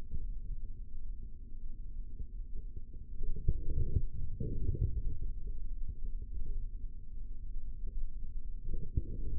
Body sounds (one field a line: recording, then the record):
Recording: forearm muscle sounds (acoustic myography)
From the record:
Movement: forearm supination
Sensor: system 3, bracelet of six PUI Audio POM-2738L microphones around the upper forearm, with dedicated amplification and filtering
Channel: 5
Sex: male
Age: 25 years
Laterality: right